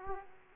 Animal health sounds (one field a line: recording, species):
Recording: mosquito wingbeat signal from an infrared sensor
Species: Aedes aegypti